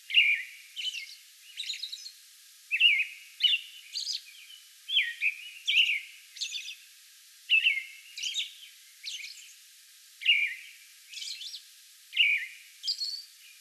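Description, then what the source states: American robin song of repeated slurred whistles with faint, hissing high notes, delivered in a steady, slightly irregular rhythm. May 11; song bout.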